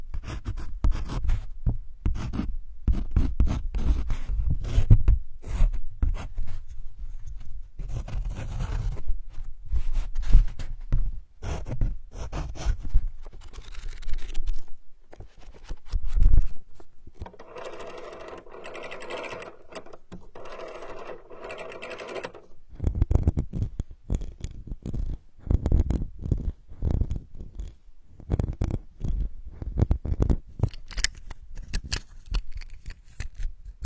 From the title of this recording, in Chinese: 翻书、鼠标、空杯、水瓶、木板、气泡水